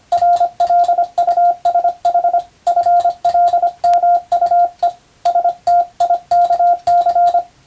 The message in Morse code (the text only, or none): RLUSH FLMUE STIKC